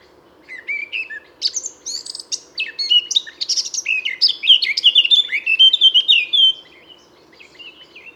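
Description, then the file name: Eurasian blackcap song: hurried chattering warble building in volume, then clear descending whistles before falling quiet for the last second or so; soft background hum. "Sylvia atricapilla"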